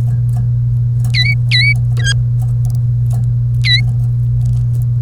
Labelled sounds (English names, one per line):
Domestic Canary song